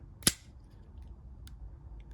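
A spring-driven automatic folding knife, either a Terzuola ATCF auto or a Two Sun TS383, is fired open with a loud, sharp snap at 0.3 s. A small, faint click from its lock button follows at 1.5 s. The button does not completely pop back up, so the lock button is not fully seating.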